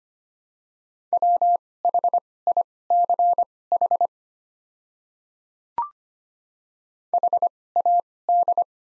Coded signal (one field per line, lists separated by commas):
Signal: Morse code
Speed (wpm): 25 wpm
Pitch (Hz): 700 Hz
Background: none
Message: WHICH HAD